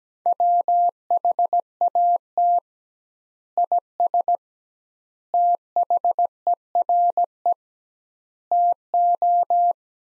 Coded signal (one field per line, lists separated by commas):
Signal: Morse code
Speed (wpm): 17 wpm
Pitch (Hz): 700 Hz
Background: none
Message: WHAT IS THERE TO